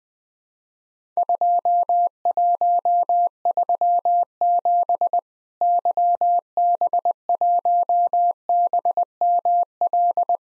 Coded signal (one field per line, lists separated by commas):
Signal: Morse code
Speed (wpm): 20 wpm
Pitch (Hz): 700 Hz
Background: none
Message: 2137 YB1BML